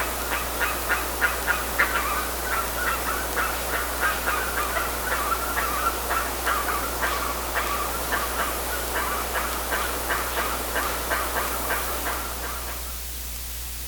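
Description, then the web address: A bird gives rapid short notes for about twelve seconds before falling silent, with a steady hiss underneath. "BIRD 2015 SABIOD 50 bird 2015"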